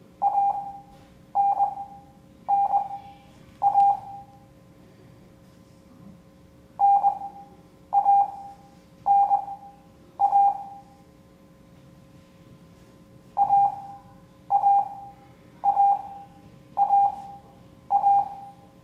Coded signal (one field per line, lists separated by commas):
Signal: Morse code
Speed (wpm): 20 wpm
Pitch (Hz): 800 Hz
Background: none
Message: ANNA NANA AAAAA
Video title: Morse Code Class 03